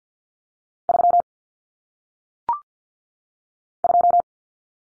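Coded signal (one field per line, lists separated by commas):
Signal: Morse code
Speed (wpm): 50 wpm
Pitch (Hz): 700 Hz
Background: none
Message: 3 2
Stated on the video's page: Single-digit cut-number drill at 50 wpm (T, A, N for 0, 1, 9), each sent in Morse, spoken, then sent again.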